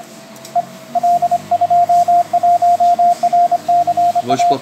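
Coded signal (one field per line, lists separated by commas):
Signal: Morse code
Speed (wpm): 25 wpm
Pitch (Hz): 700 Hz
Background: speech, radio noise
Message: E L21RCA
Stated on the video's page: Morse contact between a German station and a long-running Argentine special event station activation, copied off the air.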